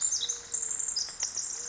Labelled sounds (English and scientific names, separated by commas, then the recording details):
Pacific Wren (Troglodytes pacificus)
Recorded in Sonoma County, California